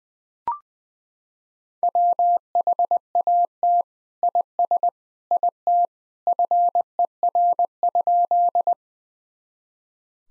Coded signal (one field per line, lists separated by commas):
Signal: Morse code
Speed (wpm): 20 wpm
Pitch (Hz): 700 Hz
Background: none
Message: WHAT IS IT FER?